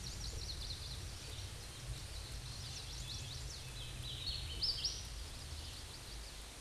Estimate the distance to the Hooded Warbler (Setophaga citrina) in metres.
about 40 m